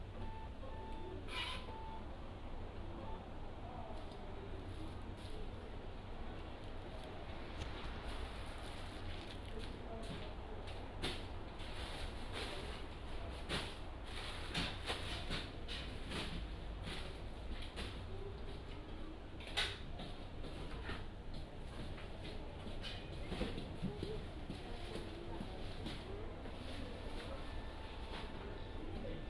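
A trip to deliver goods to a roadside produce stand. Inside a moving vehicle, a steady low engine rumble runs throughout, with frequent knocks, clicks and rattles scattered across the whole clip, sharpest around the middle and near twenty seconds.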